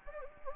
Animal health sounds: mosquito wingbeat signal from an infrared sensor; Anopheles gambiae

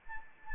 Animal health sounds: mosquito wingbeat signal from an infrared sensor; Anopheles arabiensis

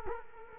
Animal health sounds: mosquito wingbeat signal from an infrared sensor; Culex quinquefasciatus

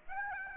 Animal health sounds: mosquito wingbeat signal from an infrared sensor; Aedes aegypti

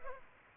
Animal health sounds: mosquito wingbeat signal from an infrared sensor; Culex pipiens

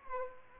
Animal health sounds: mosquito wingbeat signal from an infrared sensor; Aedes aegypti

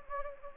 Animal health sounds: mosquito wingbeat signal from an infrared sensor; Anopheles gambiae

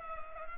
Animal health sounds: mosquito wingbeat signal from an infrared sensor; Culex pipiens

